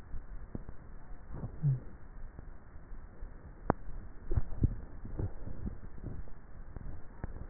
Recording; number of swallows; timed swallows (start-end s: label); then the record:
swallowing sounds by neck microphone; 1
4.38-5.25 s: swallow
From the record:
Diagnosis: dysphagia